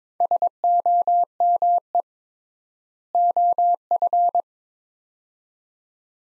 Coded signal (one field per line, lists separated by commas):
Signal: Morse code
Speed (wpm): 21 wpm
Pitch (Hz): 700 Hz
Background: none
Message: SOME OF